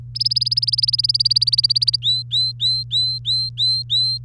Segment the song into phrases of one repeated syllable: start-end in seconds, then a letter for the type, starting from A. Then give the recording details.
0.15-1.96 A, 2.02-4.18 B. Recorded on 3 May 2018 at 12:22. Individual llb3